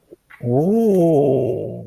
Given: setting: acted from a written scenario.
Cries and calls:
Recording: vocal sound without words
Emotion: negative surprise

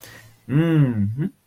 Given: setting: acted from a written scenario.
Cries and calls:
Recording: vocal sound without words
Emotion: contentment

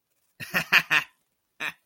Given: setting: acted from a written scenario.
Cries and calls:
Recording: vocal sound without words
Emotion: amusement

